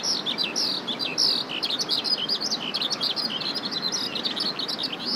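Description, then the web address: Eurasian skylark singing a fast, continuous warble of bright, jumbled chirps and short trills, varied and unbroken from start to finish over faint low rumble. "izumino saunndo hibari"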